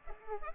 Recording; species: mosquito wingbeat signal from an infrared sensor; Culex pipiens